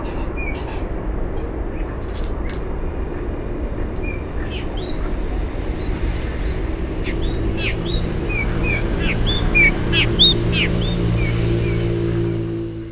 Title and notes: Icterus Chrysater. Turpial Montañero o Toche, grabado en el Humedal Cordoba el día miércoles 17 de septiembre a las 9:30 a.m